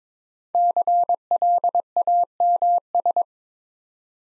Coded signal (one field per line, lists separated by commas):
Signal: Morse code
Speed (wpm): 22 wpm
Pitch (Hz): 700 Hz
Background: none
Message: CLAMS